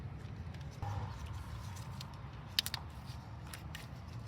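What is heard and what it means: During a high pressure fuel pump replacement on a 2014 Ford Focus, a fuel line clip is pushed into the high pressure fuel pump fitting over a low steady rumble with a few faint taps. A sharp click at 2.6 s, followed by two smaller clicks just after, shows the clip snapping in and seating fully.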